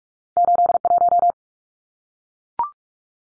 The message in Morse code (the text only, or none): 81